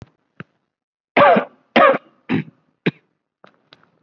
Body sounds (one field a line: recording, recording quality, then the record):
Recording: heavy voluntary cough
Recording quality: excellent, no background noise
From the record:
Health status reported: COVID-19 positive, mild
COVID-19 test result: positive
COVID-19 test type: RT-PCR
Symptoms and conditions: fever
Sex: male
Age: 34 years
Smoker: no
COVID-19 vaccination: one dose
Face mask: not worn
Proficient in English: no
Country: India